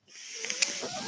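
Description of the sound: A steady, airy hiss builds over about a second, with a few soft clicks and a faint low whistle-like tone beneath it. This is the airflow noise of a home mechanical ventilator delivering a breath during a pause in speech.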